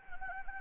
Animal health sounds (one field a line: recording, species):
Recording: mosquito wingbeat signal from an infrared sensor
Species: Anopheles gambiae